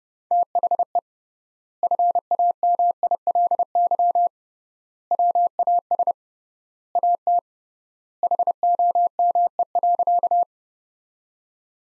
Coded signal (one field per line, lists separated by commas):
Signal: Morse code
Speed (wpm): 30 wpm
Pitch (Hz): 700 Hz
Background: none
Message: THE FAMILY WAS AT HOME.